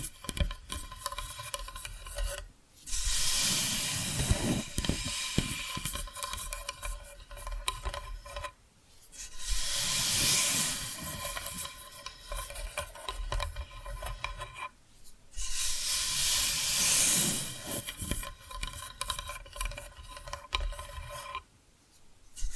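Tapping and scratching sounds come in long, dense bursts of rough, hissing scraping, with short quiet gaps near 3, 8.5, 15 and 22 seconds. The scratching is bright and busy, swelling louder around 10 and 17 seconds, with a faint steady tone underneath throughout.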